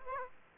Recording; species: mosquito wingbeat signal from an infrared sensor; Aedes aegypti